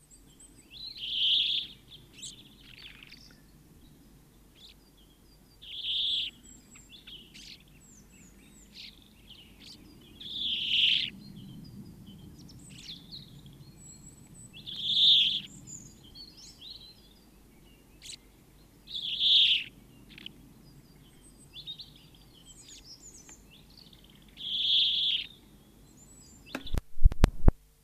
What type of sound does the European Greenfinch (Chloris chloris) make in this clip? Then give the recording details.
call. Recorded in the wild. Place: Pfaffenbrunnen, Rheinland-Pfalz, DE. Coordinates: 49.412, 7.756. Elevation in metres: 399. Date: 1976-03-18. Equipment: Nagra IV, Sennheiser MKH 405, Parabolreflektor. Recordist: Tretzel, Erwin. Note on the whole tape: Mit sehr unreinem Rätschen